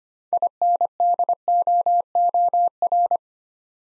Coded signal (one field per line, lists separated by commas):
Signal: Morse code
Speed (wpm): 25 wpm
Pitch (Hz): 700 Hz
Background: none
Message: INDOOR